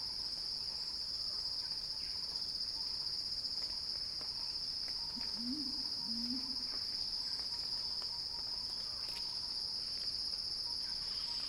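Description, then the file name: Cicada buzzing, high and continuous, with a fainter higher band; a faint low two-note sound is heard around the middle. Cicada crescendo, recorded by Axel Drioli for Earth.fm's Sounding Wild. "earth-fm Axel-Drioli Cicada-Crescendo-Sounding-Wild"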